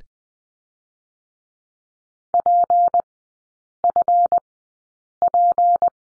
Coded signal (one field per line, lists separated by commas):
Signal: Morse code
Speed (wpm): 20 wpm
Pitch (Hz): 700 Hz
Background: none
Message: PFP